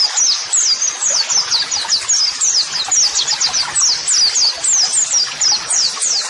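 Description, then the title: White-eye song: fast, steady run of high, thin down-slurred chirps, tightly packed and continuous with brief rhythmic pulses. Masteran (model song) audio for training white-eyes, described as therapy audio meant to make a bird answer at once; 'gacor' meaning a vigorously singing bird. "Pleci Gacor. LANGSUNG NYAUT MASTERAN AUDIO TERAPI PLECI"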